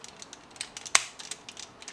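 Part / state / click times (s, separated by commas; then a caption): folding plastic panel tab into its locating slot on the toy / seated / 1.0 s. A folded corner panel on a plastic Transformers MPU01 transforming robot toy is pressed down so its center tab goes into its locating slot. Faint light clicks and ticks lead up to one loud, sharp snap at 0.9 s. The tab then locks in place.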